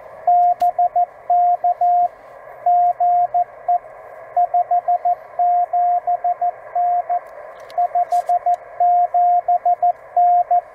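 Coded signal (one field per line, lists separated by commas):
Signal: Morse code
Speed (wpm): 14 wpm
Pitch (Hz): 700 Hz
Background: radio noise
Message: BK GE 57N 57N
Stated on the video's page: Parks on the Air CW activation producing DX contacts, sent with the host's key on the host's radio and antenna.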